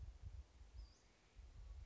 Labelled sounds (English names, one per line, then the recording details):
Western Flycatcher
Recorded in Sonoma County, California